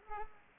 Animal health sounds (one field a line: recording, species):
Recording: mosquito wingbeat signal from an infrared sensor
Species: Culex pipiens